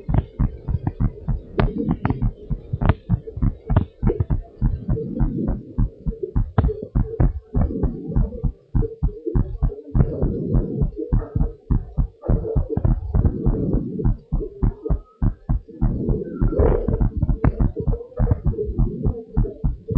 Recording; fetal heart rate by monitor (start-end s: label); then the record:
heart sounds of a pregnant woman by stethoscope
no fetal heartbeat
From the record:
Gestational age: 37 weeks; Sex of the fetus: girl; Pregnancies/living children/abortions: 1/0/0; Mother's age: 42 years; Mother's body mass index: 28.9